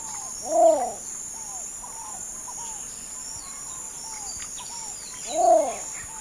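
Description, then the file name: Least bittern giving two low, rounded coos about five seconds apart, with soft bird whistles between them and a steady high insect drone. "canto do socoi vermelho"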